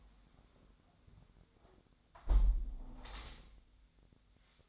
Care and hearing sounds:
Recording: daily activity, microphone in the room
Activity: close window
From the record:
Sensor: 3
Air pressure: 1006.5 hPa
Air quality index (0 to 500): 203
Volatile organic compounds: 17 ppm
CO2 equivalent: 2586 ppm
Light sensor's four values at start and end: 10/24/10/10 and 10/23/9/9

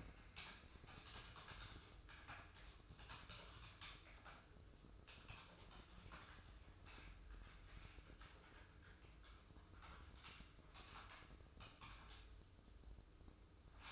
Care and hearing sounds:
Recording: daily activity, microphone in the room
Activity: typing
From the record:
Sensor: 2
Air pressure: 995.1 hPa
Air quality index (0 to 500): 64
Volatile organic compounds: 2 ppm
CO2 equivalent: 1090 ppm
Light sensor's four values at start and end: 18/61/23/24 and 19/61/23/24

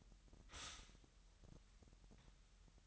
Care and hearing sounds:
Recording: daily activity, microphone in the room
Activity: stop toaster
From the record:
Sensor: 3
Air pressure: 1002.0 hPa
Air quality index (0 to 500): 247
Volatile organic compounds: 50 ppm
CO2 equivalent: 3299 ppm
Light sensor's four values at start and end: 13/39/17/15 and 13/39/17/15

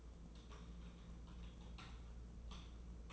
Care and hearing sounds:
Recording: daily activity, microphone in the room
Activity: typing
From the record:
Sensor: 1

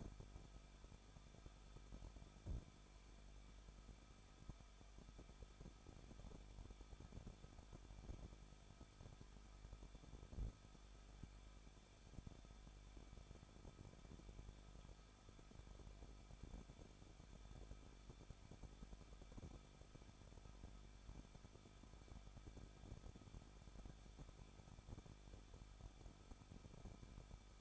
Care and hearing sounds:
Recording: daily activity, microphone in the room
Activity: no activity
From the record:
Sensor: 5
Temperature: 20.9 degrees Celsius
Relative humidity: 38.2%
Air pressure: 1006.4 hPa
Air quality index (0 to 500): 187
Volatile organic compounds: 18 ppm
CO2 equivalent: 2628 ppm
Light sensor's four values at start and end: 2/3/1/1 and 2/3/1/1

